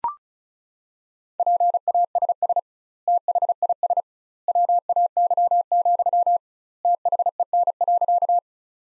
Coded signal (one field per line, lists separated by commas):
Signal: Morse code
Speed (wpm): 34 wpm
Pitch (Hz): 700 Hz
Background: none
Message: PASS THIS WAY, THEN.